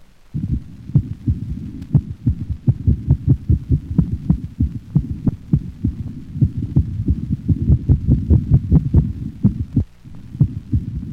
Paroxysmal ventricular tachycardia interspersed with a slower, normal rhythm.